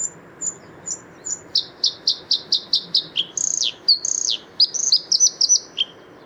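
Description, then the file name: Bluethroat song: high sharp notes repeated rapidly, then varied whistled phrases with slurred notes, all high-pitched. Recorded 6 April 2014 at the Isar river mouth near Deggendorf, Germany. "Blaukehlchen 06 04 2014 Isarmuend DEG Michle Pron"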